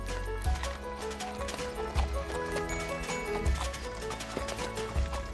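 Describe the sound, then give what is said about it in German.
Horses pulling a post carriage trot fast downhill with a steady, rhythmic clip-clop of hooves over a dense, continuous rumbling background, with periodic low thuds recurring about every second and a half. “Der Postillon schlief ein und die Pferde liefen den schnellsten Trab bergunter, immer auf dem bekannten Wege fort.”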